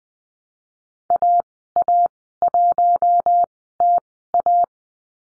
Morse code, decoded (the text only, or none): AA1TA